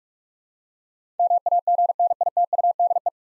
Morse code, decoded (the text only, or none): MAGNITUDE